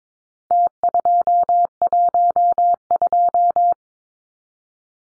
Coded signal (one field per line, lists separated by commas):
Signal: Morse code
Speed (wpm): 22 wpm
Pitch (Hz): 700 Hz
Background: none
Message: T212